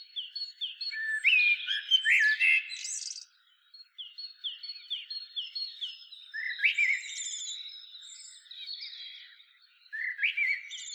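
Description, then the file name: Eurasian blackbird singing varied warbled phrases, loudest early and near the end. "Turdus merula"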